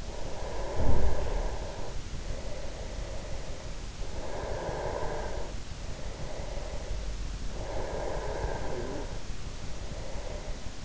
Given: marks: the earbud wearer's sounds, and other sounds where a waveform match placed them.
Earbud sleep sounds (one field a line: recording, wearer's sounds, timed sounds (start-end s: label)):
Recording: sounds in sleep by an in-ear microphone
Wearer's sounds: breath, snoring breath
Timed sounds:
0.00-3.85 s: breath
4.11-7.37 s: breath
7.60-10.85 s: snoring breath